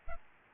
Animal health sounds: mosquito wingbeat signal from an infrared sensor; Aedes albopictus

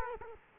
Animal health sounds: mosquito wingbeat signal from an infrared sensor; Culex quinquefasciatus

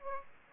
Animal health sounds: mosquito wingbeat signal from an infrared sensor; Aedes aegypti

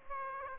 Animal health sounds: mosquito wingbeat signal from an infrared sensor; Aedes aegypti

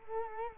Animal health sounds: mosquito wingbeat signal from an infrared sensor; Culex quinquefasciatus

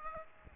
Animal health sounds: mosquito wingbeat signal from an infrared sensor; Aedes aegypti

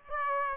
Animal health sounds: mosquito wingbeat signal from an infrared sensor; Aedes aegypti

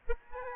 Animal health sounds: mosquito wingbeat signal from an infrared sensor; Aedes aegypti

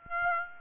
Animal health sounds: mosquito wingbeat signal from an infrared sensor; Aedes aegypti

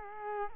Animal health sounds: mosquito wingbeat signal from an infrared sensor; Culex quinquefasciatus

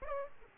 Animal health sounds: mosquito wingbeat signal from an infrared sensor; Aedes aegypti

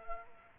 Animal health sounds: mosquito wingbeat signal from an infrared sensor; Culex quinquefasciatus

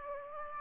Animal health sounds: mosquito wingbeat signal from an infrared sensor; Aedes aegypti

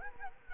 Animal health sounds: mosquito wingbeat signal from an infrared sensor; Culex quinquefasciatus

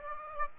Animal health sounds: mosquito wingbeat signal from an infrared sensor; Aedes aegypti

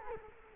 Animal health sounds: mosquito wingbeat signal from an infrared sensor; Culex quinquefasciatus

